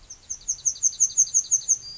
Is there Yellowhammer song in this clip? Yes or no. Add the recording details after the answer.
yes. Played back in forest. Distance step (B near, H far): D. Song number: 005